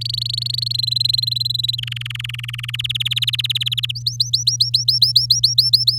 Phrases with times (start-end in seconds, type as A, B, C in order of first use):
0.00-0.72 A, 0.74-1.76 B, 1.78-2.76 C, 2.79-3.92 D, 3.95-5.98 E